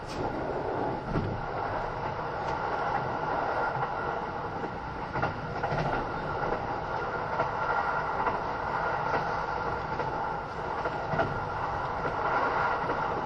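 Kintetsu 80000 series Hinotori train running steadily, a dense continuous rumble and hum with faint rhythmic clicks and brief louder swells around 1, 5 and 11 seconds.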